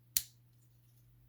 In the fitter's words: and they will snap into place very nicely.